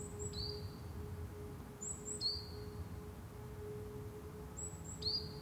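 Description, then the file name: Great tit giving faint, high-pitched phrases, a thin twin note then a slightly lower falling whistle, repeated three times against a constant low hum. "Parus major"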